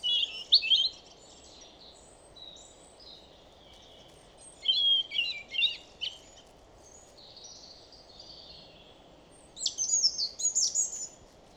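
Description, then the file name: European robin song in short high, scratchy phrases spaced several seconds apart, thin twittering notes rising and falling, with a steady low background rumble. "Erithacus rubecula"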